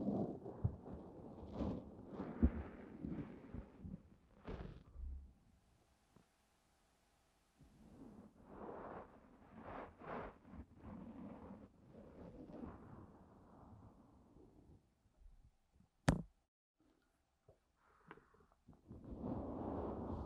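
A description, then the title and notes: Ear cleaning sounds with no talking: low, muffled rubbing and scraping in dense bursts, broken by near-silent pauses around 5–8 seconds and 15 seconds. A sharp crack stands out near 16 seconds, and the scratchy rustling resumes toward the end. ASMR DEEP Ear Cleaning No talking 시원한 모래 귀청소.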